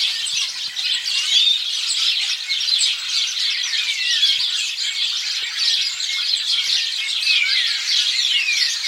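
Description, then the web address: Birds chirping and twittering in a busy chorus, with short rising and falling whistled slurs scattered through a continuous wash of overlapping calls. "Deverinetal 2025. Bird Only"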